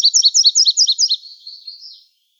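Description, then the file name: Virginia's warbler song: about five quick, high, doubled notes in a steady rapid series, then a softer twittering tail that fades out. Arizona, 30 April 2005. "VIWA 6 deviche"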